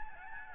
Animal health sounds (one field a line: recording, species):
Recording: mosquito wingbeat signal from an infrared sensor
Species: Aedes albopictus